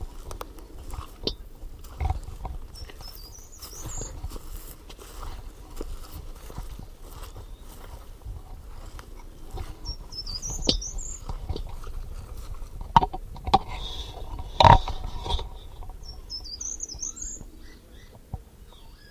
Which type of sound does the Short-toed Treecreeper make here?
song